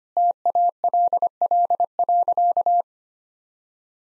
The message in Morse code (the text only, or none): TALL.